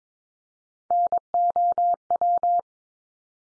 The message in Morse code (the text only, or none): NOW